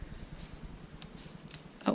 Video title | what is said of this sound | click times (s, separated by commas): Rx8 engine rebuild Pt 3 | I heard it I guess | 1.9 s